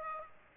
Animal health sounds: mosquito wingbeat signal from an infrared sensor; Aedes aegypti

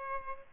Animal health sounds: mosquito wingbeat signal from an infrared sensor; Aedes albopictus

